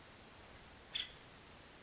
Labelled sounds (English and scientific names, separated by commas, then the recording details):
Nuttall's Woodpecker (Dryobates nuttallii)
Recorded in Sonoma County, California